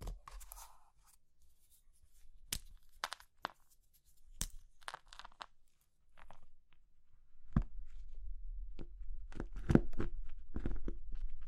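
Crushing of brittle material like soap, chalk or meringue, with sharp crunches and snaps scattered through the first half. After about seven seconds the crumbling turns denser and steadier, with a low rumble underneath and frequent crackling bursts.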